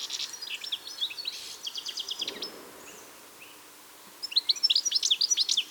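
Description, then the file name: European goldfinch twittering calls, bright high tinkling notes in a quick burst, a pause with faint low noise, then a louder liquid twittering run. "Carduelis carduelis"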